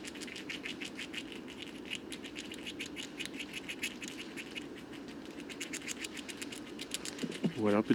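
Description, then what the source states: Eurasian red squirrel gnawing, rapid crisp clicks in bursts, ending with a brief harsh call. Bois de Vincennes, 23 November 2018, foggy, 5°C; gorging on seeds of many fruiting conifers before winter rest.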